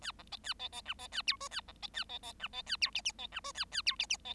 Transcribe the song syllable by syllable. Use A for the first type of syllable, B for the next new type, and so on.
A B C A C C D C A E F A B C A C C D C A E G G C D F A A E G G C